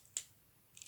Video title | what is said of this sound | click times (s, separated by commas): Transformers WFC Earthrise Leader Class Optimus Prime Review | then you flip this entire section down and you you're gonna hear a little click | 0.2 s